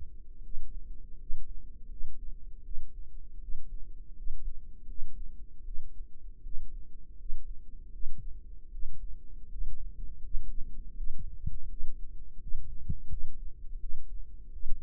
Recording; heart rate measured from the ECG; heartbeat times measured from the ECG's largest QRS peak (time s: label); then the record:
heart sounds by microphone in the right ear; 81 bpm
0.42 s: heartbeat
1.17 s: heartbeat
1.89 s: heartbeat
2.63 s: heartbeat
3.40 s: heartbeat
4.14 s: heartbeat
4.86 s: heartbeat
5.64 s: heartbeat
6.42 s: heartbeat
7.17 s: heartbeat
7.91 s: heartbeat
8.71 s: heartbeat
9.49 s: heartbeat
10.22 s: heartbeat
10.95 s: heartbeat
11.68 s: heartbeat
12.39 s: heartbeat
13.08 s: heartbeat
13.79 s: heartbeat
14.51 s: heartbeat
From the record:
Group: healthy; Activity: cold pressor test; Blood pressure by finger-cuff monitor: 86/56 mmHg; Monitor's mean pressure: 64 mmHg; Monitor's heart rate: 81 bpm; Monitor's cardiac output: 6.1 L/min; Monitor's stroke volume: 76 mL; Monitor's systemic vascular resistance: 730 dyn s/cm5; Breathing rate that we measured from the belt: 21 breaths a minute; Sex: female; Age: 22 years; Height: 163 cm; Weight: 67.1 kg